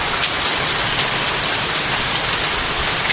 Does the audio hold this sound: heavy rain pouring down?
yes